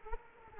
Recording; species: mosquito wingbeat signal from an infrared sensor; Culex quinquefasciatus